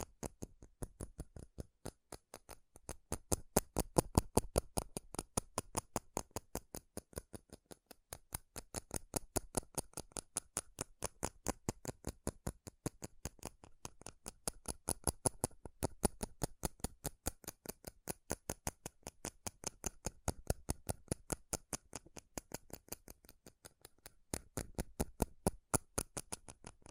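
Fast tapping on metal, a rapid run of sharp, bright clicks that covers the whole clip. The taps come quick and fairly even, with brief pauses near 7, 14 and 24 seconds, and the strikes swell louder and softer in waves.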